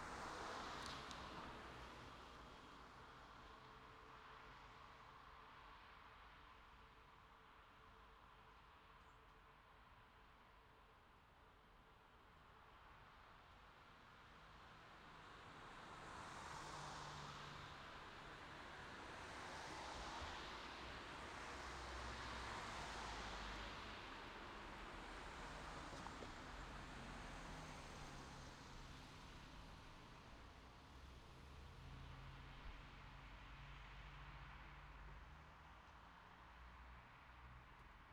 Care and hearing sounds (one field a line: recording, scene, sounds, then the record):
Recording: everyday scene through a hearing-aid microphone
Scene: in traffic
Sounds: traffic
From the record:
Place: city secondary road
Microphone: in the ear canal, left